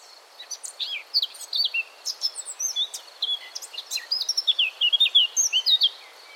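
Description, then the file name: Eurasian blackcap song, a fast tumbling warble of sharp chirps and fluty whistled phrases running for about six seconds, with a faint steady hiss in the background. "Sylvia atricapilla"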